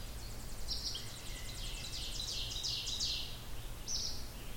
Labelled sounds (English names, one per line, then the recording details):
Ovenbird song
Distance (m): 60 m
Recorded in boreal forest in Alberta, Canada, on 16 June 2016 at 06:31
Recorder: SongMeter 3, array SBT-3-32
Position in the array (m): 67 m, 166 m
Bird 37